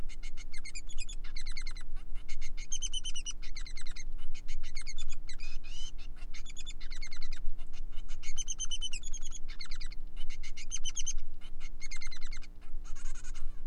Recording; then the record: song of a male Bengalese finch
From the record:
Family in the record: son of father 3